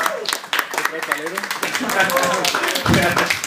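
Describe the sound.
An audience at a talk breaks into steady, dense clapping for a speaker making his debut there, filling the whole stretch, with voices and cheers mixed in underneath the applause.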